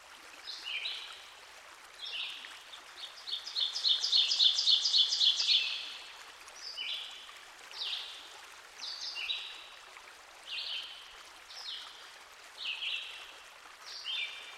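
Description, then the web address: Ovenbird song: a rapid run of repeated two-note phrases that grows louder, amid scattered short, down-slurred chirps. Recorded by a stream. "Dan Gibson Songbirds By The Stream. Ovenbird"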